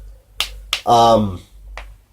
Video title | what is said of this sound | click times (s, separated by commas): I got a cold! And doll stuff! | like it can hold two clicks like that but this leg can only hold one click | 0.4 s, 0.7 s